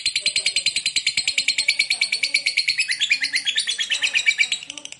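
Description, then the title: Lovebird chattering song, a fast, steady stream of shrill, buzzy notes throughout, with faint low clicks beneath. Fighter lovebird singing energetically, in the gacor style. "Berkat SUARA Lovebird FIGHTER GACOR Ini"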